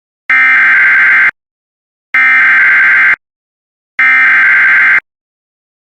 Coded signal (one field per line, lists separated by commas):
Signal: Emergency Alert System (SAME) tones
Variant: header bursts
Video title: SVR in Eastern Missouri EAS #154